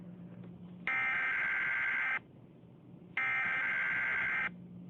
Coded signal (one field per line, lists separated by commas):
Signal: Emergency Alert System (SAME) tones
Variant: header bursts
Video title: Toxic Storm (EAS Scenario)